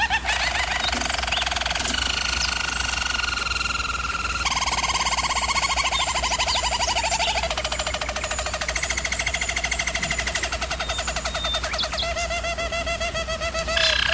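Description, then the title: German Roller canary singing unbroken rolling tours, shifting from smooth trills to faster pulsed rattles and back, over a constant low hum. Canary training recording of a German Roller canary singing. "German Roller Canary Singing - Canary Training Vid"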